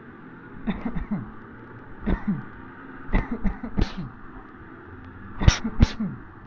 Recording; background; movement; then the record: voluntary coughing; traffic; sitting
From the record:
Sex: male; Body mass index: 20.5 kg/m2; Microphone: on the chest, facing the body